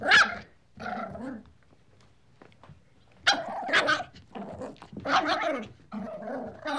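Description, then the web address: Dog: puppy giving high yapping barks mixed with rough playful growls, bursts separated by a short quiet gap. Puppy barking and growling playfully. "dog puppy barking and growling playful animal"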